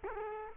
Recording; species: mosquito wingbeat signal from an infrared sensor; Culex quinquefasciatus